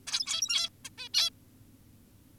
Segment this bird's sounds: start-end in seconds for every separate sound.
0.07-0.69, 0.85-0.90, 0.98-1.09, 1.14-1.30